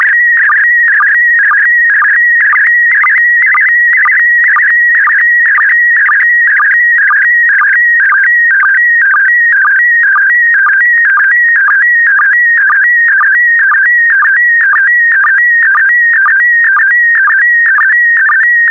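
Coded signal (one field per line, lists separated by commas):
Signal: SSTV (slow-scan television)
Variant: PD120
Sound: steady warbling tone shifting pitch, with short low chirps twice per second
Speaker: complete you can now check your decoded image against the picture that is shown on the video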